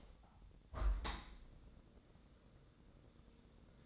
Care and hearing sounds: daily activity, microphone in the room; open window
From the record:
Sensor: 3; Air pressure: 1012.3 hPa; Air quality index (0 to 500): 134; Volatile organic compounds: 2 ppm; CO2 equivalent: 1036 ppm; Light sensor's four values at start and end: 172/416/169/156 and 170/411/167/155

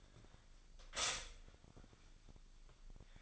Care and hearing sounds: daily activity, microphone in the room; stop toaster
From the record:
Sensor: 5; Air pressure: 1002.1 hPa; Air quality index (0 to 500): 207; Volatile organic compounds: 20 ppm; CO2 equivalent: 2675 ppm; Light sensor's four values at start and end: 33/108/41/43 and 33/108/41/43

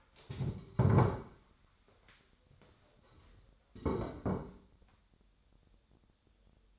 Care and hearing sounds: daily activity, microphone in the room; stand up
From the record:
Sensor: 3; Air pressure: 1015.2 hPa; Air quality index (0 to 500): 174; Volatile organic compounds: 15 ppm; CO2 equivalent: 2489 ppm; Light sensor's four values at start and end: 14/38/15/16 and 14/38/15/16

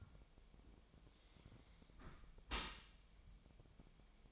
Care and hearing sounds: daily activity, microphone in the room; close dishwasher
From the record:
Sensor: 1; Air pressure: 1006.6 hPa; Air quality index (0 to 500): 209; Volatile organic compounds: 24 ppm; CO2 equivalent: 2814 ppm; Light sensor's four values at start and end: 12/32/12/14 and 12/32/12/14

